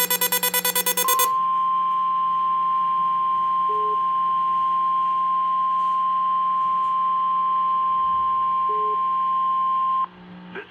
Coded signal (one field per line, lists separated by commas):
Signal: Emergency Alert System (SAME) tones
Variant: 1050 Hz attention tone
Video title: EAS 5998-6054 Loads of Tests